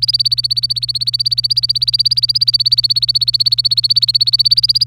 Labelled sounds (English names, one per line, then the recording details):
Domestic Canary song
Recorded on 25 April 2018 at 08:15
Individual llb3